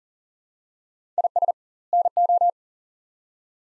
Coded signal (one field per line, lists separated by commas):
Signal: Morse code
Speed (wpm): 40 wpm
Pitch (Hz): 700 Hz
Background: none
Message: IS NO